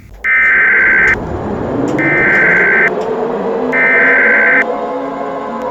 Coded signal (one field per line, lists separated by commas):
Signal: Emergency Alert System (SAME) tones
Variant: header bursts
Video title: Eas Scenario/ Analog Horror Nightmare Street